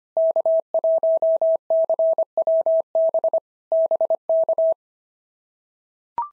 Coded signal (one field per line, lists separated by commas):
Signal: Morse code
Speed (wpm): 24 wpm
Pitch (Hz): 650 Hz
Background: none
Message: K1CWB BK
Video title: POTA QSO Practice - 25wpm